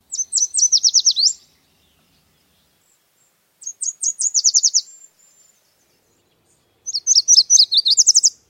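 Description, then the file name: Yellow warbler song: three bright, high phrases of quick sweet notes running into a clipped trill, each just over a second long and a few seconds apart, with silence between. "2006-04-10 Yellow Warbler"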